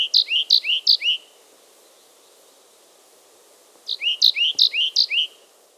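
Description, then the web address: Bird song, the end of a phrase of several high downslurred chirps, a pause of a few seconds, then a similar phrase. "ptica v divata priroda"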